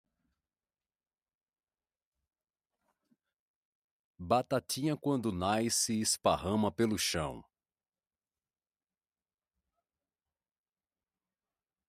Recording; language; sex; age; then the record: short text; Brazilian Portuguese; male; 30 to 39 years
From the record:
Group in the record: control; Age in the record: 36 years